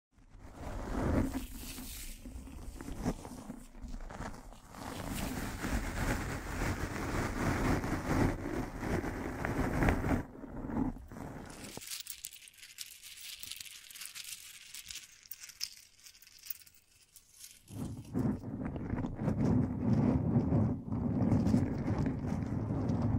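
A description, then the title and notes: A microphone is brushed and scratched, making a dense, rough rustle with a heavy low rumble that swells and dips unevenly. Around 12 to 18 seconds the low end drops away, leaving thinner, brighter scraping, before the full rubbing returns. Mic Brushing and Scratching.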